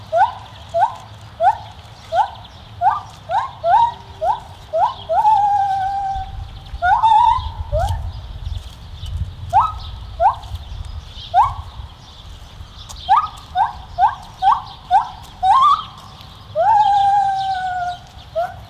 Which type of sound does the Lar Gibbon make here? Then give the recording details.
call. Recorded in captivity. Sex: group. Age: adult. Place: Tierpark Berlin, Berlin, DE. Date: 1973-07-12. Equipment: Nagra IV-L, Scotch-Band. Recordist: Altmann, Dagmar